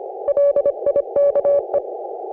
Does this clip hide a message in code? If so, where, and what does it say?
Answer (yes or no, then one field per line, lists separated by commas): yes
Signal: Morse code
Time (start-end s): 0.3-1.8 s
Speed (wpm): 26 wpm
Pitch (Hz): 560 Hz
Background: none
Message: LIKE